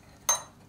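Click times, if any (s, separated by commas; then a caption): 0.3 s. A clutch drum being put back onto a chainsaw crankshaft is turned until it engages, giving a single sharp metallic click at 0.3 s that fades within about a quarter second. The drum clicks into place and is seated, which matters because an unseated clutch drum can fly apart at high revs.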